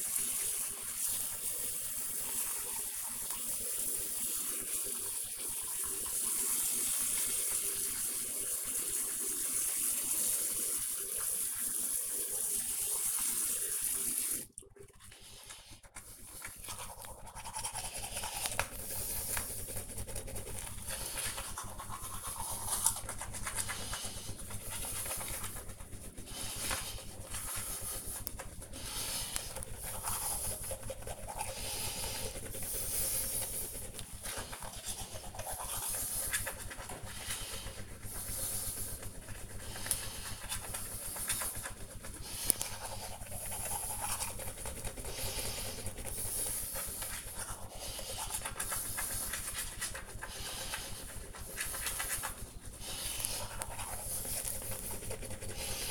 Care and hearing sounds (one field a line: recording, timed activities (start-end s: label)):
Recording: household activities, microphone on the right wrist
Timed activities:
0.00-55.91 s: brushing teeth